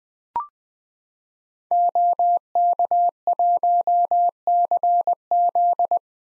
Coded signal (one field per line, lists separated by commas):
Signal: Morse code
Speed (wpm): 20 wpm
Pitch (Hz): 700 Hz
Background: none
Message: OK1CZ